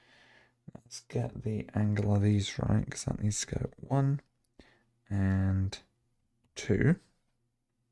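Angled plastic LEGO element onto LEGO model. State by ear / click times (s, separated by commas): not seated / none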